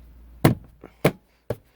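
A plastic interior trim panel is pressed back into the dashboard of a 2008-2016 Chrysler Town & Country / 2008-2020 Dodge Grand Caravan minivan after a dash cam wire has been routed. Three sharp knocks are heard at about 0.5, 1.1 and 1.5 seconds, with fainter taps in between. The trim panel clips snap home and the panel is seated.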